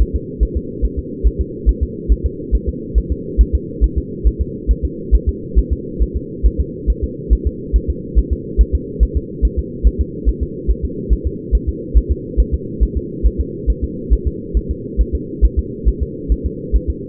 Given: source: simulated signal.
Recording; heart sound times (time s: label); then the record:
fetal heart sounds
0.01 s: S1
0.16 s: S2
0.43 s: S1
0.57 s: S2
0.85 s: S1
0.99 s: S2
1.27 s: S1
1.41 s: S2
1.69 s: S1
1.83 s: S2
2.12 s: S1
2.26 s: S2
2.55 s: S1
2.69 s: S2
2.98 s: S1
3.12 s: S2
3.41 s: S1
3.55 s: S2
3.84 s: S1
3.98 s: S2
4.27 s: S1
4.41 s: S2
4.71 s: S1
4.85 s: S2
5.15 s: S1
5.29 s: S2
5.59 s: S1
5.73 s: S2
6.03 s: S1
6.17 s: S2
6.46 s: S1
6.60 s: S2
6.90 s: S1
7.04 s: S2
7.33 s: S1
7.47 s: S2
7.76 s: S1
7.90 s: S2
8.19 s: S1
8.33 s: S2
8.61 s: S1
8.75 s: S2
9.03 s: S1
9.17 s: S2
9.45 s: S1
9.59 s: S2
9.87 s: S1
10.01 s: S2
10.29 s: S1
10.43 s: S2
10.71 s: S1
10.85 s: S2
11.13 s: S1
11.27 s: S2
11.55 s: S1
11.69 s: S2
11.97 s: S1
12.12 s: S2
12.40 s: S1
12.54 s: S2
12.83 s: S1
12.97 s: S2
13.26 s: S1
13.41 s: S2
13.70 s: S1
13.84 s: S2
14.13 s: S1
14.27 s: S2
14.57 s: S1
14.71 s: S2
15.01 s: S1
15.15 s: S2
15.45 s: S1
15.59 s: S2
15.88 s: S1
16.03 s: S2
16.32 s: S1
16.46 s: S2
16.76 s: S1
16.90 s: S2
From the record:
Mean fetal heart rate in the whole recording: 140 bpm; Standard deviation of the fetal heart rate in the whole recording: 2 bpm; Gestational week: 34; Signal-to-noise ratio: -4.1 dB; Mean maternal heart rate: no maternal heart sound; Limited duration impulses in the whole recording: absent